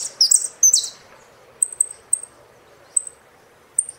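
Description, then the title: Saffron finch opening with a short burst of buzzy high song, then sparse thin high chips at irregular gaps. "Jilguero Argentino"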